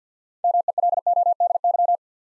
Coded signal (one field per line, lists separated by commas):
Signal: Morse code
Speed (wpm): 47 wpm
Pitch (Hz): 700 Hz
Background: none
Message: MELODY